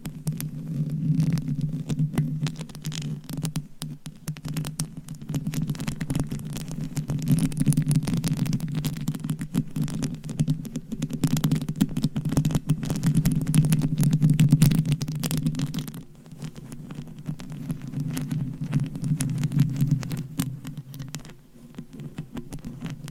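Scratching and tapping on a microphone with a homemade cover, a dense, continuous rubbing texture with a strong low rumble throughout. Quick patter-like taps run through it, easing briefly around sixteen seconds and again near the end before the scraping resumes.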